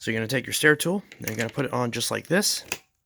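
A plastic stair and upholstery tool for a Dyson Ball Total Clean (UP13) vacuum is handled and brought toward its mount beside the vacuum bin while someone talks. Nothing has seated or clicked yet.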